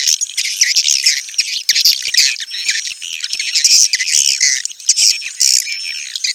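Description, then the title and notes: Swiftlets in a loud chorus of shrill chirps and buzzy twitters, with short pure whistles cutting through near the end. Swiftlet sound used for swiftlet farming in Asia. "Swiflet Bird Sound. Farming Swiflet Bird asia sound"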